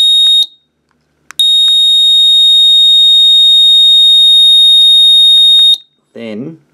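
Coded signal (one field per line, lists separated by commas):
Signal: none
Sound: remote switch relay beeps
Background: speech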